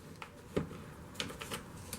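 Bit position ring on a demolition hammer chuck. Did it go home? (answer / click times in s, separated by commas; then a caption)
no / none. The bit position ring on the chuck of a Bosch 11316EVS demolition hammer is lifted and turned to reposition the spade chisel, which indexes through 12 detent positions around 360 degrees. A few short, sharp clicks and ticks sound as it turns. Nothing has seated or locked home yet.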